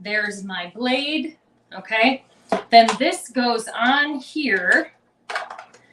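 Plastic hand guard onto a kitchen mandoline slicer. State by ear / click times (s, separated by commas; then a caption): seated / 5.3 s, 5.4 s. Someone talks while a plastic hand guard (food holder) is placed onto a kitchen mandoline slicer, after the hopper has been lifted and the blade fitted. The guard is pushed down and clicks at 5.3 s and 5.4 s, seating solidly in place to protect the hand and fingers.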